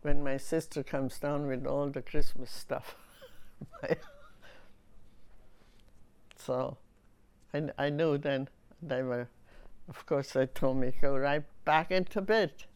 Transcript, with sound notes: when my sister comes down with all the Christmas stuff. (she laughs) So, I knew then, they were, of course they told me, "Go right back into bed."